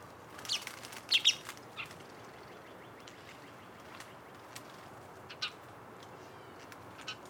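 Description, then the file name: House sparrow chirps: a short burst of high, sharp chirps in the first second and a half, then a few faint scattered notes over a steady background hiss. "Passer domesticus"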